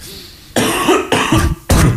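Three harsh, forceful coughs come in quick succession over two seconds, each a sharp noisy burst with a rough, chesty quality. It is an adult man's cough from bronchitis, in a quiet room.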